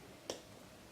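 A small coaxial antenna plug is pressed down onto the flight receiver's socket on a quadcopter. A single short, sharp snap at 0.3 s rises clearly above a quiet, steady background. The plug clips on and is seated.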